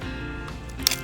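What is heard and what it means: A low-voltage landscape light's plastic connector, with a piercing spike on each side, is pressed closed onto the lighting cable after the wire is lined up in it, over steady background music. A sharp snap at 0.9 s marks the connector clamping shut and seating on the cable, followed by a softer tick at 1.1 s.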